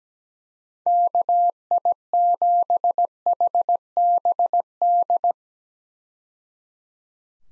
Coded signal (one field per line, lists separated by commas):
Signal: Morse code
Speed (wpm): 17 wpm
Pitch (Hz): 700 Hz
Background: none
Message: KI7HBD